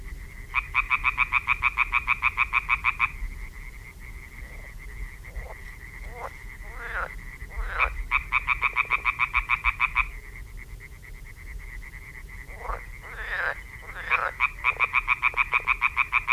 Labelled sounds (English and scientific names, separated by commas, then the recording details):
Common Tree Frog (Hyla arborea) call
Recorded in the wild
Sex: male
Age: adult
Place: Parsteiner See, Barnim, Brandenburg, DE
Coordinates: 52.9578, 13.9856
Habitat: reed
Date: 2006-05-09 21:42
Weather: klare Nacht, 15°C, schwacher bis mäßiger Nordwind
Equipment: Marantz PMD 660, Sennheiser MKH 70, Windkorb, -20dB
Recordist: Frommolt, Karl-Heinz